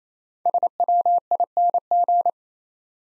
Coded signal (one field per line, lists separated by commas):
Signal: Morse code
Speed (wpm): 28 wpm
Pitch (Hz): 700 Hz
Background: none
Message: SWING